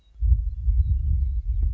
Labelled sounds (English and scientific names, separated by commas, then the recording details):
Western Meadowlark (Sturnella neglecta)
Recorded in Sonoma County, California